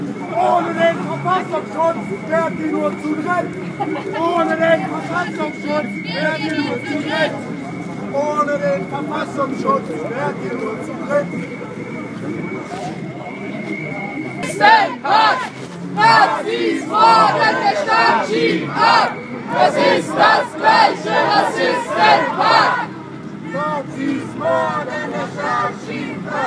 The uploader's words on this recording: Anti natzi protest by Liraz Axelrad.